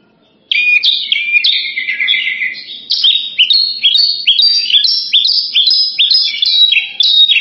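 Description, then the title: Horsfield's bush lark song: a lively run of bright, chirpy, slurred notes repeated in quick clusters. "branjangan"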